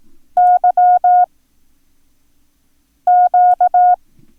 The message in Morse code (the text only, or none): YQ